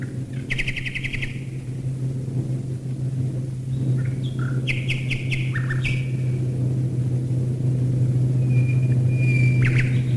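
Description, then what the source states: Common nightingale song of fast repeated notes and varied phrases, above a loud, steadily building engine drone. Nightingales singing while bombers fly overhead, 1942.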